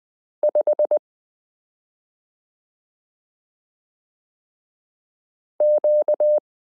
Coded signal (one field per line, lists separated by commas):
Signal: Morse code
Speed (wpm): 20 wpm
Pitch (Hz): 600 Hz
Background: none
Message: 5 Q